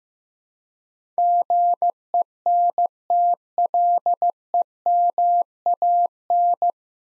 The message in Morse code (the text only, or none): GENTLEMAN